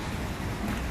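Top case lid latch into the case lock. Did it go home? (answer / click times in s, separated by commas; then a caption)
no / none. Someone presses the lid of a plastic motorcycle top case shut so its latch hooks into the case lock, the sound meant to confirm it has locked. Only a steady, broadband low rumble like wind noise runs through the second, with no distinct transients. The lid has not yet latched and nothing has clicked into place when the clip ends.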